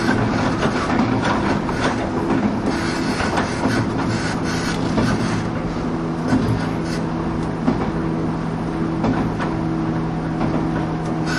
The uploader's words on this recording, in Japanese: 2104,103系 播但線普通 01/01:姫路～寺前。その車両の全速力を楽しめる＂播但線＂の列車走行音。